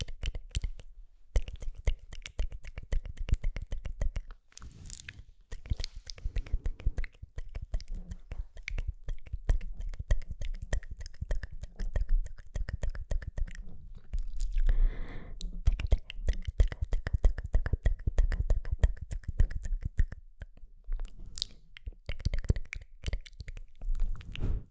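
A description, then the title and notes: Mouth sounds: rapid wet clicks, smacks and soft crunchy pops crowd together almost without pause, with brief quiet gaps near the start and around five seconds. A short breathy, whispery sound rises around fifteen seconds before the dense clicking resumes. MOUTH SOUNDS + HYPNOTIC HANDS ASMR.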